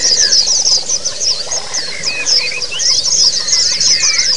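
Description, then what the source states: White-eyes chattering together in a busy stream of sharp, high chirps and short trills, with a few lower whistled notes. Therapy sound of white-eyes singing in ombyokan style, used as a training (masteran) recording.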